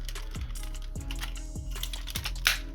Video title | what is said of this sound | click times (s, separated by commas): WFC Earthrise Sky Lynx Review! - Transformers | There we go. All right, so that clicks in, and then you wanna snap the front end down. | 2.5 s